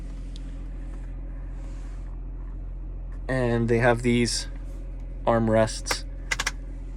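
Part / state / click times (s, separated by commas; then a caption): armrest into van seat frame / seated / 6.3 s. On a 2023 Winnebago Adventure Wagon, a Mercedes-Benz 2500 4x4 Sprinter van, the front seat armrest is folded down into the seat frame. Someone talks over a steady low hum. A sharp click at 6.3 s, followed by two quick smaller clicks, marks the armrest snapping into its locked position.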